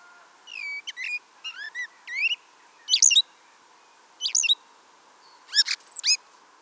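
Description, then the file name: Common blackbird singing short, squeaky twittering phrases of high, rapidly sliding notes, delivered in bursts separated by brief pauses, over a faint steady background hum. "Turdus merula"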